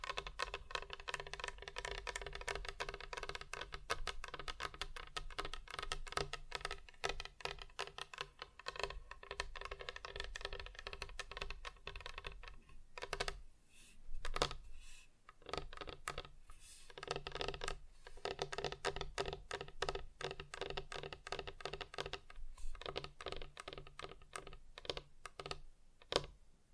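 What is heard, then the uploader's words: Rapid fingertip tapping on hard surfaces runs densely through the first twelve seconds, a fast, crisp patter. Around 13 to 17 seconds it breaks into sparser, separate taps with short pauses, then returns to quick, steady tapping over a faint low hum. ASMR Just Tapping (Different Surfaces No Talking).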